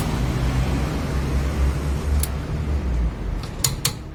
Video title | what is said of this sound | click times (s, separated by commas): How to use and maintain Torque Wrench the right way - MD Cars DIY | जब 90 foot pound नट tight हो जाए तो उसके बाद टॉर्क रेंच से डबल क्लिक की आवाज़ आएगी। | 3.6 s, 3.9 s